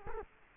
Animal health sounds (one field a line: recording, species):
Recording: mosquito wingbeat signal from an infrared sensor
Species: Culex quinquefasciatus